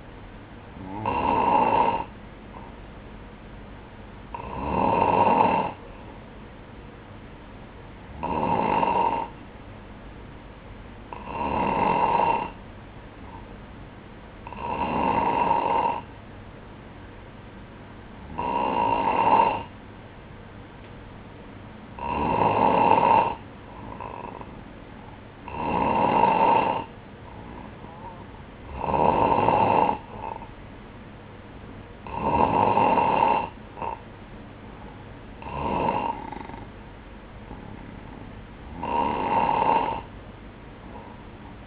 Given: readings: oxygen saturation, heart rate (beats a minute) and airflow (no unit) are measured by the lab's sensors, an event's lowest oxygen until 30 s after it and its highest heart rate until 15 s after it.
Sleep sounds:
breathing in sleep by a voice recorder at the bedside; none
none scored
From the record:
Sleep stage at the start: N2 (light sleep); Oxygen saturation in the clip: 94 to 96%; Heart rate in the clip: 58 to 62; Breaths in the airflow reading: 12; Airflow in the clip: -8.1 to 4.9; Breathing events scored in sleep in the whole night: 180 in 6.7 hours asleep

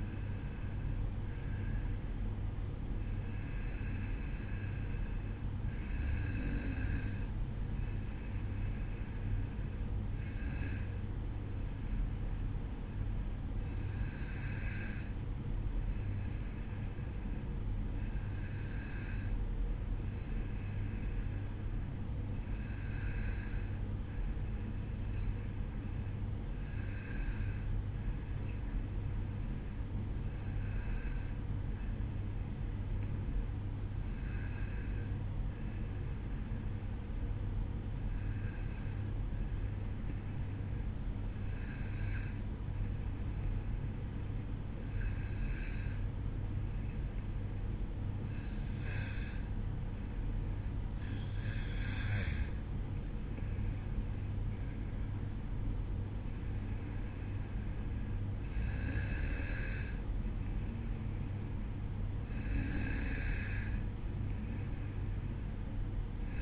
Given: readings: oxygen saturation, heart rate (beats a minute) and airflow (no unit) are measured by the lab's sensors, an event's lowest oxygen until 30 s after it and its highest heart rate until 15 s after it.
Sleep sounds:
breathing in sleep by a smartphone at the bedside; 1
15.00-45.00 s: new sleep stage, N2 (light sleep)
19.00-54.20 s: hypopnea (N2, oxygen 94% highest, then 93% lowest, heart rate 52 at the start, 56 highest)
45.00-66.42 s: new sleep stage, N1 (lightest sleep)
From the record:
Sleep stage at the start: N1 (lightest sleep); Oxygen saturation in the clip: 93 to 94%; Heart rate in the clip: 52 to 56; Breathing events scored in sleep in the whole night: 305 in 9.6 hours asleep

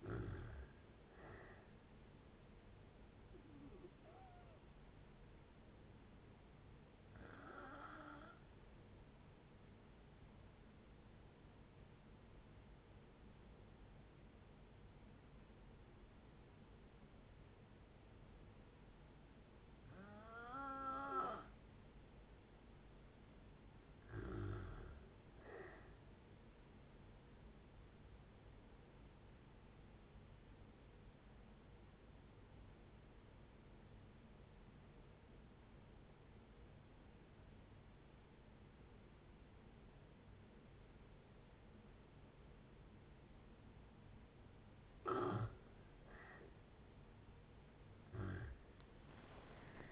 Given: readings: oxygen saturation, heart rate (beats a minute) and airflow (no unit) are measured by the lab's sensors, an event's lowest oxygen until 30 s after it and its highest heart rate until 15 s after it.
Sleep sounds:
breathing in sleep by a voice recorder at the bedside; 2
4.00-22.00 s: hypopnea (N1, oxygen 93% highest, then 88% lowest, heart rate 72 at the start, 72 highest)
19.00-49.92 s: new sleep stage, N2 (light sleep)
31.00-45.90 s: obstructive apnea (N2, oxygen 92% highest, then 83% lowest, heart rate 66 at the start, 79 highest)
From the record:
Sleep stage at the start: N1 (lightest sleep); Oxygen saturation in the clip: 80 to 95%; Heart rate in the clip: 57 to 72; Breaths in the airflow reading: 8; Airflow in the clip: -7.4 to 8.9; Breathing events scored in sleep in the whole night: 496 in 5.4 hours asleep

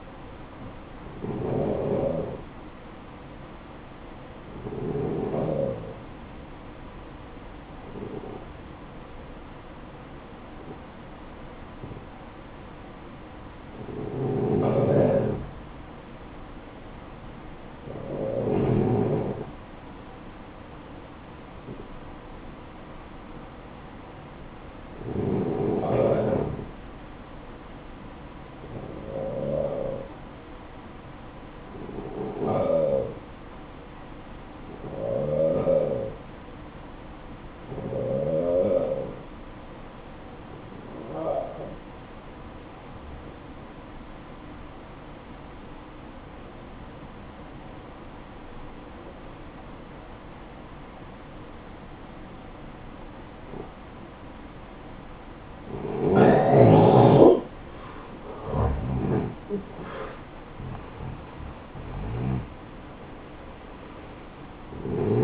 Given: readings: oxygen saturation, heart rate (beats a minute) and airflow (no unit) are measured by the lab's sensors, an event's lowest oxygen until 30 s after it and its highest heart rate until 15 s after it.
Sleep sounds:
breathing in sleep by a voice recorder at the bedside; 1
8.00-56.90 s: hypopnea (N1, oxygen 94% highest, then 89% lowest, heart rate 59 at the start, 72 highest)
32.00-62.00 s: new sleep stage, N2 (light sleep)
62.00-65.24 s: new sleep stage, N1 (lightest sleep)
From the record:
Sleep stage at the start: N1 (lightest sleep); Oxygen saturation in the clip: 89 to 94%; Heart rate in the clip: 55 to 72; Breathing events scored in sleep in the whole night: 573 in 9.8 hours asleep

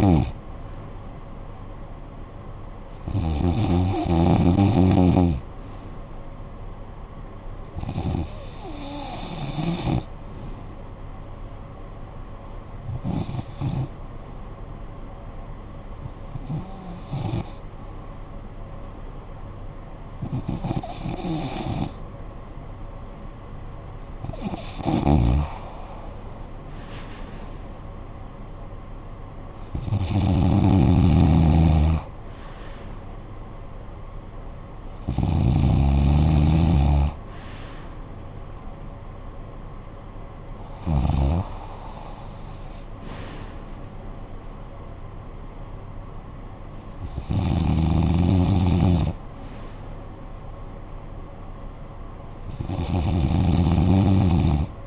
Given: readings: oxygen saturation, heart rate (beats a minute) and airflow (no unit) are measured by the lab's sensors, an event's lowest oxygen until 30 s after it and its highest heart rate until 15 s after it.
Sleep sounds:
breathing in sleep by a smartphone at the bedside; 1
13.00-23.20 s: hypopnea (N2, oxygen 93% highest, then 90% lowest, heart rate 60 at the start, 63 highest)
39.00-54.87 s: new sleep stage, REM sleep
From the record:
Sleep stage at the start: N2 (light sleep); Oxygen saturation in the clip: 90 to 94%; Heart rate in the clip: 52 to 69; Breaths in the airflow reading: 11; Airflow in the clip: -14.1 to 11.2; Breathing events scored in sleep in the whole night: 445 in 7.6 hours asleep

